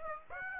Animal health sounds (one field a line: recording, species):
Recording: mosquito wingbeat signal from an infrared sensor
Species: Aedes aegypti